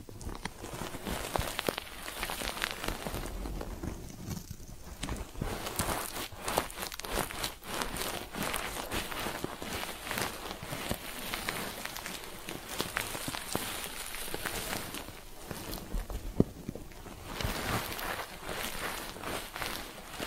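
Ear cleaning triggers: a dense, crackling, scratchy rustle that runs almost without pause, full of tiny sharp clicks and bright fizzing. The texture thins briefly around five seconds and again near seventeen seconds, and one sharper tap stands out at about sixteen seconds.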